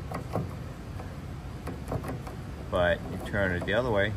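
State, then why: Not seated. An engine installation part is handled against its mount on an aircraft engine, tried in one orientation where it does not drop down easily. Light handling knocks come at about 0.2, 0.4, 1.7 and 1.9 seconds, then someone talks. Nothing has seated or clicked yet.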